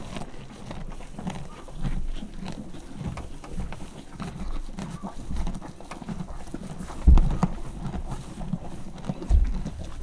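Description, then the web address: Horse eating and stamping: steady rustling, crunching noise with two heavy thuds of a hoof striking the ground. Farmyard; horse eating corn and stamping with its foot. "lo kukoricatesziklabavaldobbant fecske"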